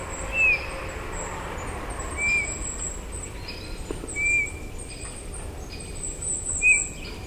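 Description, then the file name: Eurasian bullfinch calling with mellow, brief whistled notes, four in all at irregular intervals, against constant high-pitched background hiss. "Pyrrhula pyrrhula"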